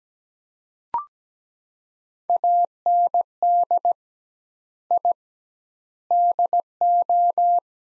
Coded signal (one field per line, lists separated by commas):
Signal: Morse code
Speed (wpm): 17 wpm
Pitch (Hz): 700 Hz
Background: none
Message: AND I DO